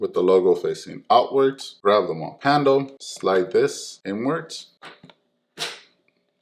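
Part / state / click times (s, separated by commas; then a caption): cleaning solution cartridge into spray mop handle holder / seated / 5.1 s. A refillable plastic cleaning-solution cartridge, cap removed, is inserted upside down into the holder on a Bona spray mop handle with the logo facing out and slid inward. Someone talks, then the cartridge clicks into place at 5.1 s. A brief sharp tick follows at about 6.1 s, and the cartridge is seated and locked.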